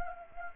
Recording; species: mosquito wingbeat signal from an infrared sensor; Anopheles gambiae